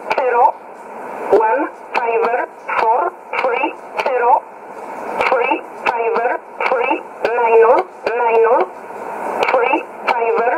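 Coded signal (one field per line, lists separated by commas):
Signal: numbers station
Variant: E11 Oblique, English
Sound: a woman's voice reads about 12 short words at an even pace over radio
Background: radio static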